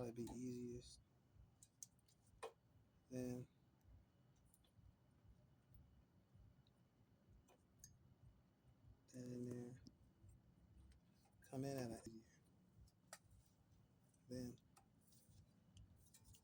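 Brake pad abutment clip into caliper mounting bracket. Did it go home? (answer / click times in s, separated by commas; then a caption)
no / none. During a brake pad and rotor job on a 2018 Chevy Equinox, metal brake pad abutment clips are being handled and pressed toward the caliper mounting bracket. Someone talks in short bursts while a few light metallic taps and clicks sound in between. Nothing has seated or clicked into place yet.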